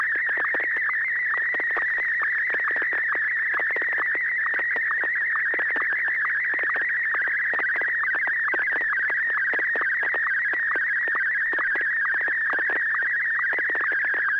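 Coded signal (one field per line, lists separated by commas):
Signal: SSTV (slow-scan television)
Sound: warbling tone wavering around 1.5-2.3 kHz with rapid regular lower sync blips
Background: low steady hum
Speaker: just maybe what we'll do is get started with our first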